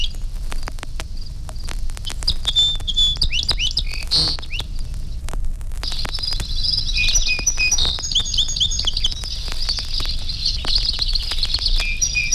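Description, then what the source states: Song Sparrow song: a few separate high notes, then a dense run of quick notes at shifting pitches after a short pause, with frequent clicking crackle underneath. Four song sparrows singing varied songs that begin with two or three similar notes or phrases, followed by rapid notes of different pitches and qualities.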